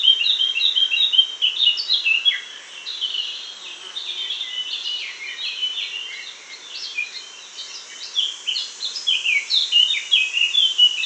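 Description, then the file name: Eurasian blackcap warbling song, a rapid jumble of chattering, scratchy notes with brief pitch jumps, running in bursts throughout with a steady hiss behind. "Sylvia atricapilla"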